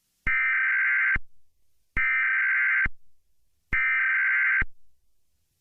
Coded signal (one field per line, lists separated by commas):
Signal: Emergency Alert System (SAME) tones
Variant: header bursts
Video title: EAS Scenario #1: April 27, 2011 Super Outbreak